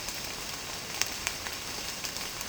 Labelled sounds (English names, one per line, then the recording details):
none
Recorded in secondary vegetation near Puerto Asís, Putumayo, Colombia, on 12 March 2025 at 08:00
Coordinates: 0.485, -76.322
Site G040